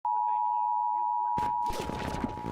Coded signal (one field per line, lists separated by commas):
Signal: Emergency Alert System (SAME) tones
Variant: 853 and 960 Hz attention tone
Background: speech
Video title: Püsheęn fœundãtïoñ ĘÆŠ TËST TH4 BŒD1ES OF THE DË4D ÆE RÏSING Eas emergency alert